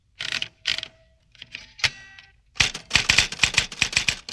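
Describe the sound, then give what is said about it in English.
Typewriter keys clack in a few scattered strokes with a brief metallic ring, then break into a loud, rapid run of steady typing at an office, with no voices. “Is Janet typing now? Yes, she is.”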